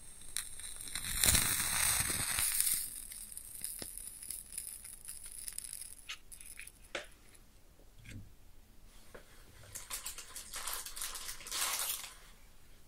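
A match is struck and burns close up, with a bright rasping flare around one to three seconds. Scattered crackles and small pops follow through the middle. Later comes a hissing, sizzling stretch from about nine to twelve seconds as the flame is put out.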